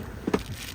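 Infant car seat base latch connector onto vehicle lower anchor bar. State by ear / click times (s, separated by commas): seated / 0.3 s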